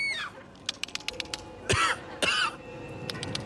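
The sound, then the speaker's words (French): A parrot coughs twice, two loud, harsh, raspy bursts about half a second apart, after a string of brief high clicks and a squeaky chirp. “Mais aussi la toux du perroquet.”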